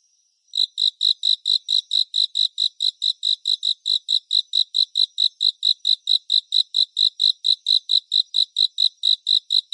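Cricket song of many high, short chirps repeated steadily.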